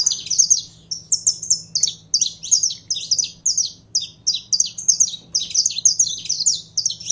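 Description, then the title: Belgian canary song of bright, high, slurred chirps delivered in quick rhythmic groups, faint steady hum behind. Song of a pure Belgian canary. "Canto Do Canário Belga Puro"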